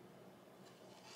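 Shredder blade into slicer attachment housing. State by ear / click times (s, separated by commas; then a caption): not seated / none. A large metal cone shredder blade is handled and pushed toward the plastic housing of a KitchenAid Fresh Prep Slicer/Shredder stand-mixer attachment. Only steady, soft rubbing and handling noise is heard, with no sharp hits. Nothing has seated or clicked yet.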